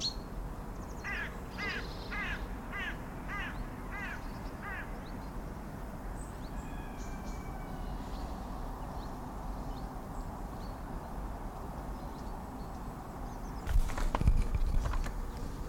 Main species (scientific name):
Phasianus colchicus